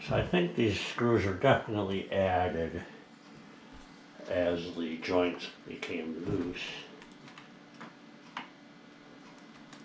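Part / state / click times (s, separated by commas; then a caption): wood screw in a wooden stool leg joint / stripped / 8.4 s. Someone talks for about the first half, then a screwdriver tries to turn out a wood screw that was added to a loose wooden stool leg joint and slips in the head with small ticking sounds, the sharpest at 8.4 s. The screw head is completely stripped.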